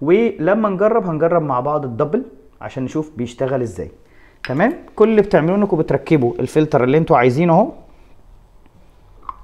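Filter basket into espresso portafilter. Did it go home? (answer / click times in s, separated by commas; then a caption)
yes / 9.3 s. A man talks for most of the clip while fitting a pressurized filter basket into the portafilter of a De'Longhi Dedica espresso machine, then presses it home with both hands. After a quiet stretch, a sharp click at 9.3 s marks the basket snapping into place.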